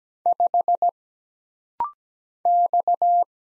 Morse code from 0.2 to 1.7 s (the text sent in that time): 5